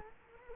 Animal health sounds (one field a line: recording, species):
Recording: mosquito wingbeat signal from an infrared sensor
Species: Culex quinquefasciatus